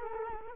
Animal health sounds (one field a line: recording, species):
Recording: mosquito wingbeat signal from an infrared sensor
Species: Culex quinquefasciatus